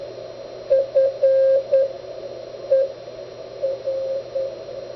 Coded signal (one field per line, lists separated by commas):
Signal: Morse code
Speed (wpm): 9 wpm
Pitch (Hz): 540 Hz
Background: radio noise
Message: FER